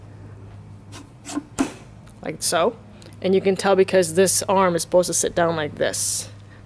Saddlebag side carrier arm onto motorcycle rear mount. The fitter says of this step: left side looking from the front of the bike so it just click sound like this like